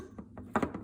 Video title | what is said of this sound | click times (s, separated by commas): Ford Maverick Vented Catch Can Install - Buschur's Vented Pro Catch Can | Pops in now we can insert our replacement cap | 0.6 s